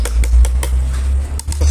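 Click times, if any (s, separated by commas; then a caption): none. A metal retaining clip is fitted onto the tabs of a fuel injector on a Vortec V6 fuel spider, with a steady low hum underneath and a few short metallic ticks. Sharp transients near 0.6 s and 1.4 s do not come from the clip locking. It has not locked yet, because the little leg still has to be moved over before it is pressed again.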